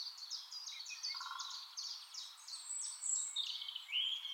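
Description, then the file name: Common chaffinch song, a quick rattling trill of sharp descending notes ending in a brighter flourish. "Fringilla coelebs"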